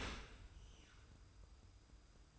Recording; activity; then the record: daily activity, microphone in the room; open dishwasher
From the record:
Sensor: 2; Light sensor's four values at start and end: 24/57/23/23 and 24/57/23/23